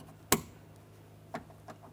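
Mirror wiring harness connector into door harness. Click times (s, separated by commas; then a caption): 0.3 s. On a 2012–2015 Honda Civic, the mirror wiring harness connector is aligned and pressed into the door harness until it clicks in at 0.3 s with a sharp, bright snap. Softer ticks follow at about 1.4 s and 1.7 s. The connector is seated, and a light tug afterwards confirms it is secured.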